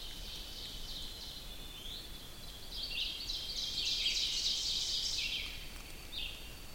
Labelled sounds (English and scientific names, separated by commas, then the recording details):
Ovenbird (Seiurus aurocapilla) song
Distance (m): 45 m
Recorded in boreal forest in Alberta, Canada, on 2 June 2016 at 05:30
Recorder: SongMeter 3, array SBT-3-7
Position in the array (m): 23 m, 132 m
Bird 4